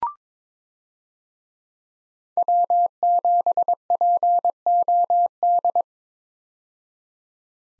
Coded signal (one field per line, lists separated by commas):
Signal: Morse code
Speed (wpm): 22 wpm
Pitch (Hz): 700 Hz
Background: none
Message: W7POD